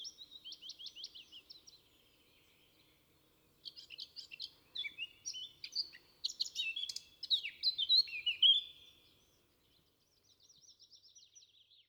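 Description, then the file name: Eurasian blackcap song: a quick run of high chattering notes, a pause, then a rich jumble of warbled phrases building to loud fluty whistles, ending with soft chatter. "Sylvia atricapilla"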